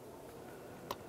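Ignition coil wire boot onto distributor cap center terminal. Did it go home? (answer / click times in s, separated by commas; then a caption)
yes / 0.9 s. An ignition coil wire boot is pushed onto the center terminal of a new distributor cap on a 1994-2002 Dodge Ram 2500. A single sharp click stands out at 0.9 s against a steady low background. The boot seats onto the center terminal.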